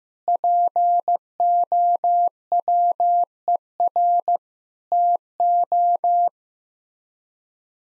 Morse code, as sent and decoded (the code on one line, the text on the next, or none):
.--. --- .-- . .-. / - ---
POWER TO